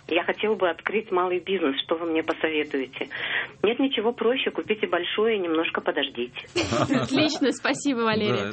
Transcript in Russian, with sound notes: «Я хотел бы открыть малый бизнес, что вы мне посоветуете?» - «Нет ничего проще. Купите большой, и немножко подождите». (смеются)
Отлично. Спасибо, Валерия.